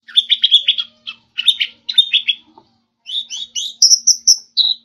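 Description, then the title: Orange-headed thrush singing rapid runs of clear, slurred whistled notes, several chattering phrases followed by a rising then falling whistled series. "Anis Merah"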